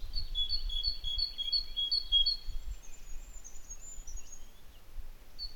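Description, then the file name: Great tit song of about six quick two-note phrases, then faint thin high calls, with low wind-like rumble underneath. "Parus major"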